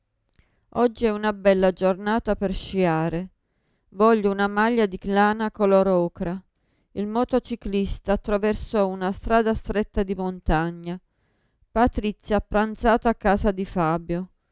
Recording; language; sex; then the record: read phrases; Italian; female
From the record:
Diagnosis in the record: Parkinson's disease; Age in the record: 54 years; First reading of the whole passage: 55 s, 9.4 characters per second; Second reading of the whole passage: 50 s, 10.4 characters per second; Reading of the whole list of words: 55 s, 5.1 characters per second